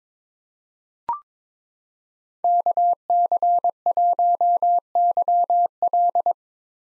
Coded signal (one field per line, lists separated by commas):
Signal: Morse code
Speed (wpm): 22 wpm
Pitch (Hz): 700 Hz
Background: none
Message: KC1YL